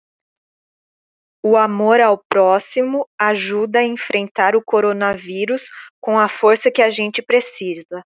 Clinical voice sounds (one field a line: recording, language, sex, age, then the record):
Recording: spoken sentence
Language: Brazilian Portuguese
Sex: female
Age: 30 to 39 years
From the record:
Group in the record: control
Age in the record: 39 years